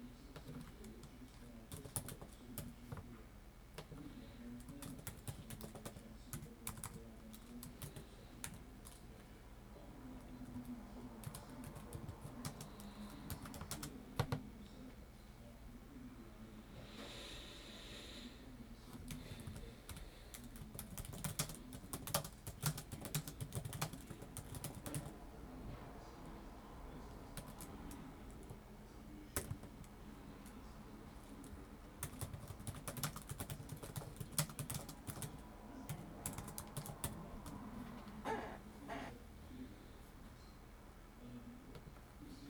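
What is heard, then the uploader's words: Someone types on a keyboard in bursts of quick, irregular clicks, pausing now and then before starting again. A radio murmurs steadily in the background, low and muffled, with a voice-like hum running through the whole recording. Background radio. Typing and thinking with the radio in the background.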